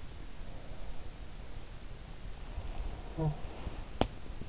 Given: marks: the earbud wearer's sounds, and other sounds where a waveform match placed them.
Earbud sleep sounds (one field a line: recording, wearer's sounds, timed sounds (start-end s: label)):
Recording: sounds in sleep by an in-ear microphone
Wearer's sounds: talking in sleep, teeth grinding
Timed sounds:
2.81-3.55 s: talking in sleep
4.01-4.47 s: teeth grinding